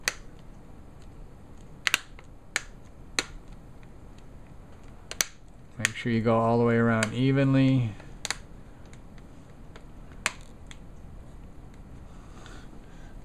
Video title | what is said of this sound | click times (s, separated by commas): Replace HP Mini 311 Screen | you'll hear little snaps as you go around make | 0.1 s, 1.9 s, 2.6 s, 5.2 s, 5.9 s